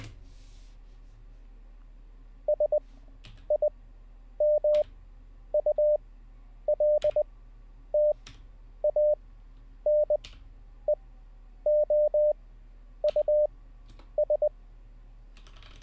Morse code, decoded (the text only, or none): SIMULTANEOUS